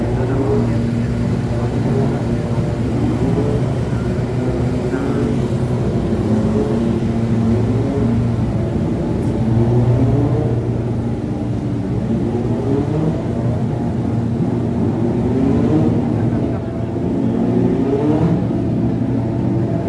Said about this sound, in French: C'est vendredi, le premier jour des essais, et les premiers moteurs vont partir.